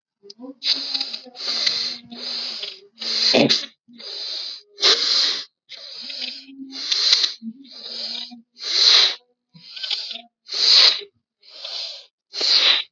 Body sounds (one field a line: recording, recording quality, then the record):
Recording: shallow breathing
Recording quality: excellent, no background noise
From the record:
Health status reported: healthy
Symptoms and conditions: none ticked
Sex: male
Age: 41 years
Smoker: not ticked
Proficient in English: yes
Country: India